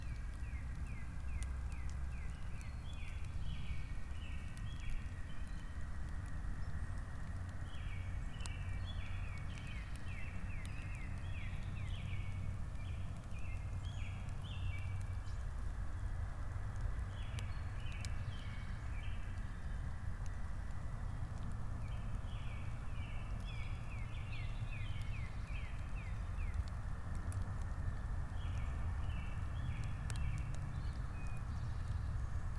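Spring birds repeat quick, bright chirping phrases in bursts every few seconds throughout, some trills rising and falling. Underneath runs a steady, dense low rumble with a soft continuous hiss that stays level from start to finish.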